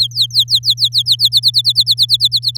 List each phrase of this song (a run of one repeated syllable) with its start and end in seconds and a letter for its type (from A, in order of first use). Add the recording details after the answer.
0.00-1.29 A, 1.32-2.57 B. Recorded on 8 May 2018 at 06:11. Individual llb16